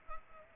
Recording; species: mosquito wingbeat signal from an infrared sensor; Culex pipiens